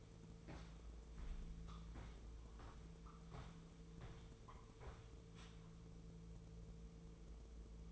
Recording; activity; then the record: daily activity, microphone in the room; walk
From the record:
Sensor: 1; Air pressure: 1005.5 hPa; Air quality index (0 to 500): 123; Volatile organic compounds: 5 ppm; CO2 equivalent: 1722 ppm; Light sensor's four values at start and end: 11/27/11/12 and 11/27/11/11